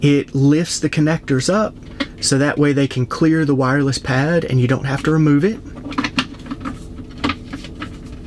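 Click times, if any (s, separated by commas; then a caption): 6.2 s. Someone talks while a plastic spacer, made to lift the phone-charging connectors so they clear the wireless charging pad without removing it, is pressed into the center console phone tray of a Tesla Model Y/3 under the wireless pad. After the talking stops, a few small clicks lead into a sharp snap at 6.2 s as the spacer seats in place, followed by lighter taps.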